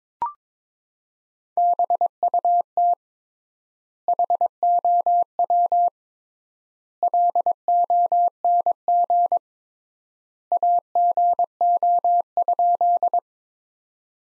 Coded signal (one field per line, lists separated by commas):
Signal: Morse code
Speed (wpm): 22 wpm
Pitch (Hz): 700 Hz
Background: none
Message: BUT HOW LONG AGO?